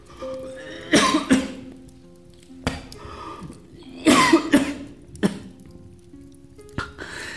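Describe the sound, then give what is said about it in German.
Repeated bouts of harsh, wet coughing come in clusters of two or three loud hacks, separated by brief pauses and a few weaker single coughs, with no talking. “Dieser Husten, er wird nicht weggehen.”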